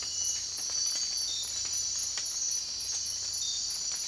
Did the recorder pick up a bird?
no